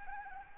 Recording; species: mosquito wingbeat signal from an infrared sensor; Anopheles arabiensis